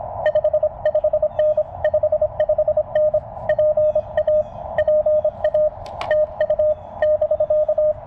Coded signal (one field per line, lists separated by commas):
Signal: Morse code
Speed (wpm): 25 wpm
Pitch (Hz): 610 Hz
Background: none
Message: 55N 55N PA PA TU <BK>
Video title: CW POTA with the NEW CFT-1 by Jonathan Kayne KM4CFT!